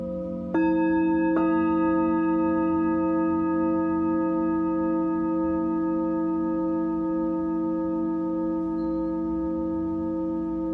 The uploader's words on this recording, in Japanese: シンギングボウルのサウンドヒーリングライブ。